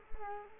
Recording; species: mosquito wingbeat signal from an infrared sensor; Culex quinquefasciatus